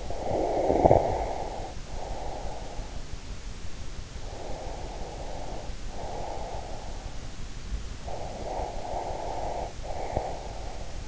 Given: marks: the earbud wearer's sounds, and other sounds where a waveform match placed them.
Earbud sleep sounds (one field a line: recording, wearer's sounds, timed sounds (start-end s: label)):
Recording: sounds in sleep by an in-ear microphone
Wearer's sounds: breath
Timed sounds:
0.00-2.84 s: breath
4.15-7.32 s: breath
7.92-11.08 s: breath